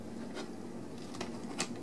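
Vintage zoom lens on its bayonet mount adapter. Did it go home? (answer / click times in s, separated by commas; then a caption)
released / 1.2 s, 1.6 s. A vintage Vivitar zoom lens is removed from its bayonet mount adapter for a Sony A6000 by pressing the metal release button on the side of the mount and twisting the lens the opposite way. Two short clicks are heard, at 1.2 s and 1.6 s, and the lens unlocks and comes off the adapter.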